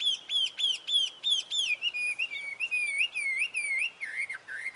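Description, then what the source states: Chinese hwamei song: a clear slurred whistle repeated several times, then flowing into varied rising and falling melodious phrases. Taiwan.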